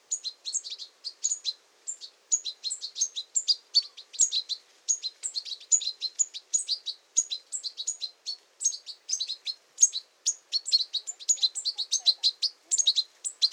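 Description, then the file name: European goldfinch calls, a dense, lively run of high tinkling twitters and chirps that continues almost without pause for the whole stretch. "Carduelis carduelis"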